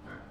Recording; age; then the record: pig call; growing-finishing pig (85 days or more)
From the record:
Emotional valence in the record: positive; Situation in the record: run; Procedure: transit